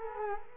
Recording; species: mosquito wingbeat signal from an infrared sensor; Culex quinquefasciatus